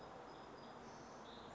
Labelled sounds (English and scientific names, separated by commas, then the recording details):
Song Sparrow (Melospiza melodia)
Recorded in Sonoma County, California